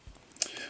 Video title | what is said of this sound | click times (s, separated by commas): Star Wars Episode 4 A New Hope Darth Vader The Black Series Titanium | So it snaps back in, but it does appear to be a little bit loose. | 0.4 s